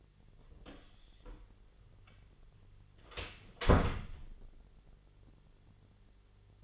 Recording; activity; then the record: daily activity, microphone in the room; close door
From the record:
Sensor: 4